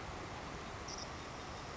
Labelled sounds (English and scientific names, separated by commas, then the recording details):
Savannah Sparrow (Passerculus sandwichensis)
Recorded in Sonoma County, California